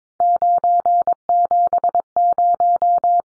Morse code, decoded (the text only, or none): 970